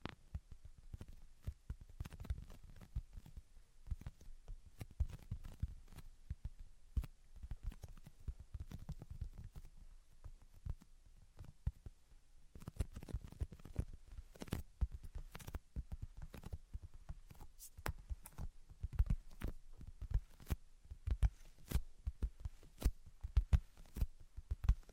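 Irregular tapping and scratching, dense bursts of sharp clicks and low thuds with brief scraping strokes, continuing unevenly throughout with short pauses.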